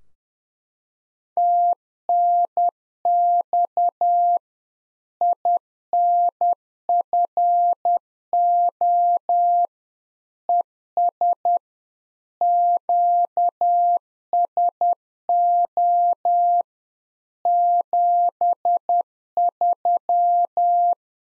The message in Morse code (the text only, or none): TNX INFO ES QSO 73